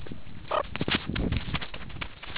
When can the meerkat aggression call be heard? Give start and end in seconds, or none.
none